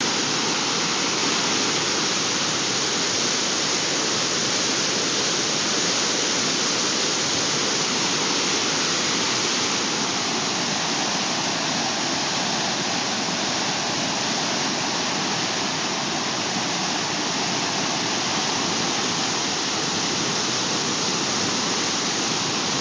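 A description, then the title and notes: Water pours through the canal diversion at the dam in a dense, unbroken roar. The rush is steady from start to finish, full, with a bright hissing spray over a softer churning middle and little deep rumble. Interstate Canal diversions at Whalen Diversion Dam in Wyoming. 1,950 cfs according to irrigation district staff. Interstate Canal at Whalen Diversion Dam.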